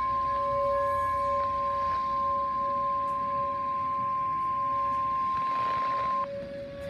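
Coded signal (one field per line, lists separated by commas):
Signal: Emergency Alert System (SAME) tones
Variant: 1050 Hz attention tone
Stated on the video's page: Statewide tornado drill received on a NOAA Weather Radio station.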